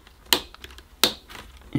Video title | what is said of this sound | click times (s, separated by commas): Karcher Ranger By Sebo Upright Vacuum Cleaner Assembly & First Look | can hear it click just | 0.3 s, 1.0 s